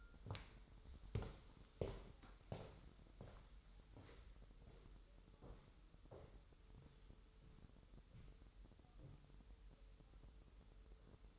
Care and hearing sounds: daily activity, microphone in the room; walk to room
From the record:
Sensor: 3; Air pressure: 988.2 hPa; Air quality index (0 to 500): 182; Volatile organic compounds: 192 ppm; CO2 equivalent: 4185 ppm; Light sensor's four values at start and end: 24/74/31/27 and 24/75/31/27

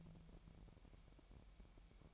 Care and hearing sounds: daily activity, microphone in the room; take from stove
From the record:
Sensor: 1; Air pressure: 1012.1 hPa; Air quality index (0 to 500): 224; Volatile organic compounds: 5 ppm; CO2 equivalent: 1787 ppm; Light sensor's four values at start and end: 75/178/76/81 and 75/178/76/81

